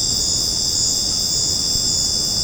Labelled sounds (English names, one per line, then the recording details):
none
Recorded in secondary vegetation near Puerto Asís, Putumayo, Colombia, on 13 March 2025 at 21:00
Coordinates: 0.481, -76.318
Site G097